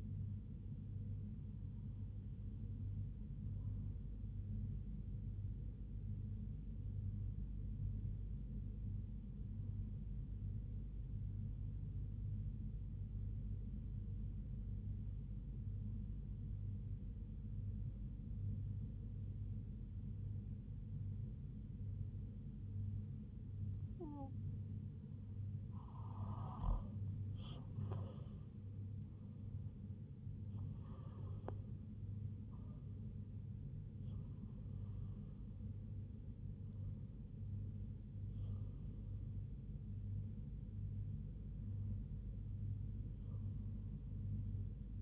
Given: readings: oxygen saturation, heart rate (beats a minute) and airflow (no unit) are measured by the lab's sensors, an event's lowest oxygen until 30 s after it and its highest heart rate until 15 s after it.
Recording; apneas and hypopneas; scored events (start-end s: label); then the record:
breathing in sleep by a smartphone at the bedside; 1
6.00-26.00 s: hypopnea (REM, oxygen 97% highest, then 93% lowest, heart rate 74 at the start, 87 highest)
From the record:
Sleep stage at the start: REM sleep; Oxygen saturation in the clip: 94 to 97%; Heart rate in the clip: 67 to 87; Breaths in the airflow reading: 11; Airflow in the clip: -5.3 to 6.5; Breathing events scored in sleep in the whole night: 158 in 7.3 hours asleep